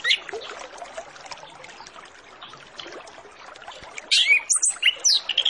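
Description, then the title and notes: Orange-headed Thrush song: after several seconds of hissy background, a rapid run of sharp, high whistled notes bursts in near the end. Lure song of full 'isian' filler notes, to prompt orange-headed thrushes to sing quickly and fully. "Masteran Anis Kembang Full Isian Untuk Suara Pancingan Anis Kembang Agar Cepat Ngeplong. Suara Burung Anis Kembang"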